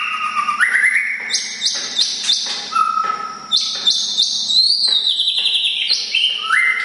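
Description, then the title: Oriental magpie-robin song of bright, high whistled notes, several held tones stepping between pitches, delivered in a steady, lively stream. "kacer"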